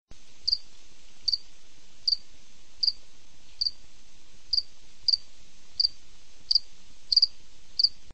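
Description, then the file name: Cricket chirping: short, high, clean pulses repeated about every three-quarters of a second over a steady background hiss. At night. "nacht cricket"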